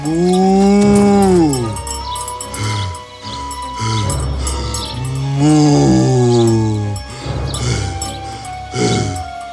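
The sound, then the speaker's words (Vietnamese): The water buffalo Bounty, stopped midway while plowing a rice field, lows in several long, deep, drawn-out moans, with rough, heavy breathing and snorting noise between the calls. No one speaks. “Một hôm, khi đang cày thửa ruộng, Bounty đứng lại giữa chừng và bắt đầu thở ra nặng nhọc.”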